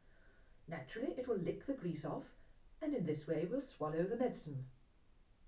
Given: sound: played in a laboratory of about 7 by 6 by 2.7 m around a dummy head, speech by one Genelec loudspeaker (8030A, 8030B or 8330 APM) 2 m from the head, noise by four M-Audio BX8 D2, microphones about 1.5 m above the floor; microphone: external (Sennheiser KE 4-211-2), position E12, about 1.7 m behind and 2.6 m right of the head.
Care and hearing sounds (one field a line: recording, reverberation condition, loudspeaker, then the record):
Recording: female speech in English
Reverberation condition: low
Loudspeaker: 120 degrees to the left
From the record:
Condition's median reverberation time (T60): about 310 ms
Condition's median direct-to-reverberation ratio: about 3.5 dB